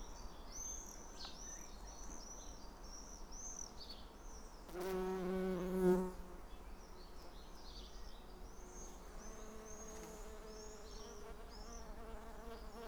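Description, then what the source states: Bumblebee buzz, a low droning hum that swells loudly for about a second and a half, then fades, with small birds chirping high throughout and a steady background rumble. Recorded on Schanzenstrasse, Dresden, Germany.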